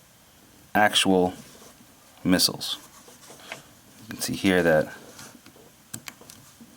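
Someone talks while, with the barrel removed, a plastic missile is pushed into the launcher of a Sentinel Giant Gorg toy robot figure. Two sharp clicks at about 5.9 s and 6.1 s mark the missile seating in place.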